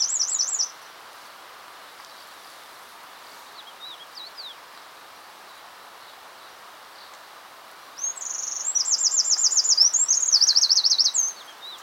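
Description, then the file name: Eurasian wren song: a short burst of high trills at the start, then near silence with faint chips, then a loud, rapid string of shrill rattling trills near the end. "Troglodytes troglodytes"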